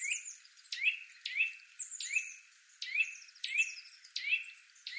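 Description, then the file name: Eurasian nuthatch calls: several sharp, clipped notes repeated at an uneven pace. "Sitta europaea"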